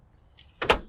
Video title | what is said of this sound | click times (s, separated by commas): MICRO VAN TOUR - Ford Transit Connect Passenger Campervan | locks into place so it doesn't go anywhere | 0.6 s, 0.7 s